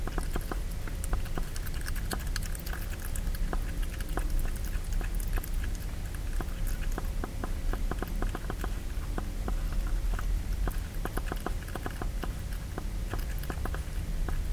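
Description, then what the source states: Hedgehog munching food, producing long stretches of dense, irregular crackling and smacking clicks, with a constant low rumble in the background. A hedgehog eating.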